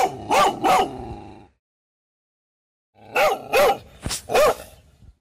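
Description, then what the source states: Dog barking: two harsh barks with a ringing tail, a pause, then several more barks. Dog barking described as terrifying.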